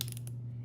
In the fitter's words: with this particular model you actually hear a click and we know now that the drill bit is on there